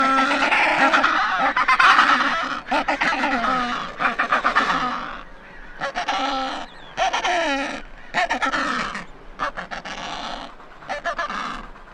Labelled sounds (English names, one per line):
Adelie Penguin call